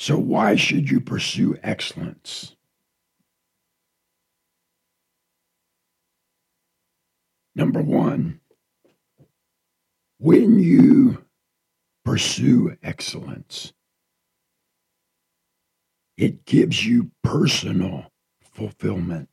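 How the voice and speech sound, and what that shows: Adult man speaking slowly with long pauses in a raspy, dysphonic voice with low pitch. Cancer took half of his voice box.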